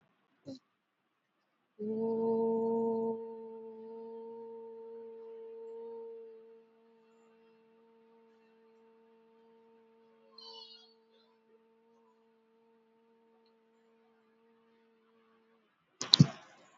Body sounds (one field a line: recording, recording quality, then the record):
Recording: sustained vowel as in boot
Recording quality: moderate, slight background noise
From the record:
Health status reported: healthy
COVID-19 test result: not tested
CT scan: not taken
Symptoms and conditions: cough, fever, muscle pain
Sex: female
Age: 46 years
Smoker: no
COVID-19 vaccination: both doses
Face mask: worn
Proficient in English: yes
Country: India